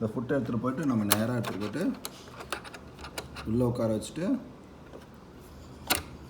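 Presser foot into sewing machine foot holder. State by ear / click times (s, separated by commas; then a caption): seated / 5.9 s. Someone talks while a twisted-style presser foot is placed straight into the foot holder of a Brother DS1300 sewing machine and the holder is lowered. Light tapping sounds follow, and a sharp click at 5.9 s marks the presser foot locking onto the holder.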